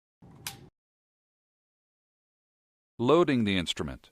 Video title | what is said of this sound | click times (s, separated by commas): ECHELON FLEX PVS In-Service Video - J&J MedTech | install the battery pack an audible click will be heard when the battery pack is fully inserted it can be inserted in either orientation there is no up or down | 0.5 s